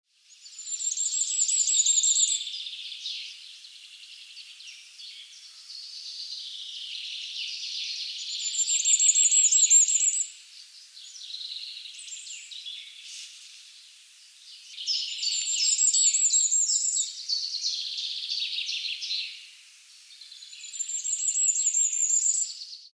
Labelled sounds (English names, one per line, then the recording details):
Common Firecrest
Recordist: Tembrock, Günter
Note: Gesang